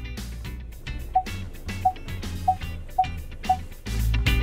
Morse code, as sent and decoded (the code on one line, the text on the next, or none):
none